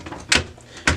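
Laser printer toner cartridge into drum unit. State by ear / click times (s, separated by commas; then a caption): seated / 0.3 s, 0.9 s. A new laser printer toner cartridge for a Brother MFC L5850dw is pushed into its drum unit. Two sharp clicks are heard at 0.3 s and 0.9 s over faint background noise, and the click confirms the cartridge is seated and joined to the drum.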